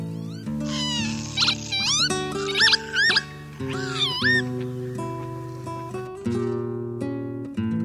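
Northern Lapwing calls: a run of swooping, wheezy slurred notes over sustained low instrumental tones.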